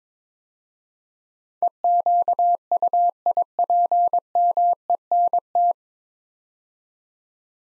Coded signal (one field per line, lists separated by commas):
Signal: Morse code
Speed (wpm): 22 wpm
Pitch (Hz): 700 Hz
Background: none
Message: EQUIPMENT